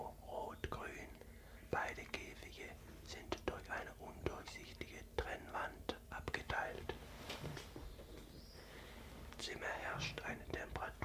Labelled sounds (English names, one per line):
Common Chiffchaff